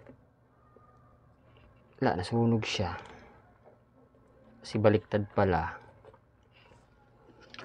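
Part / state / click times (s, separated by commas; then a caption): locking clip into clip fan housing / seated / 7.5 s, 7.6 s. During a clip fan repair, a small locking clip is pushed into the clip fan housing. Someone talks for most of the clip, then two quick, sharp clicks sound at 7.5 and 7.6 seconds. The lock snaps into place and is now locked so it won't come off.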